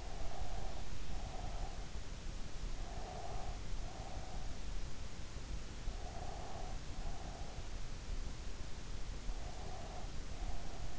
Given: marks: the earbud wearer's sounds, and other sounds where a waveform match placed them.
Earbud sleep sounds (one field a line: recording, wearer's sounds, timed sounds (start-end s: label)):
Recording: sounds in sleep by an in-ear microphone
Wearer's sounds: breath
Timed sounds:
0.00-1.85 s: breath
2.92-4.82 s: breath
6.03-7.75 s: breath
9.32-10.99 s: breath